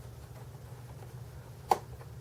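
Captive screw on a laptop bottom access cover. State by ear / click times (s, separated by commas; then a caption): released / 1.7 s. A captive screw on the plastic bottom access cover of an HP Pavilion dv4 laptop is unscrewed until it clicks free. A low, steady hum runs underneath, then a single sharp click sounds at 1.7 s, marking the screw released so the cover can be popped off.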